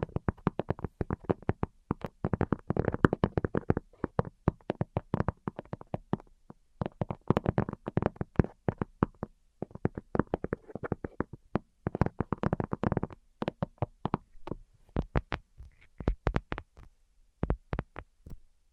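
Rapid tapping comes in quick, crisp flurries of sharp clicks, some bright and ringing, others duller. The bursts run in clusters of a few seconds each with brief gaps between, growing sparser and more spaced out toward the end. No voice is heard.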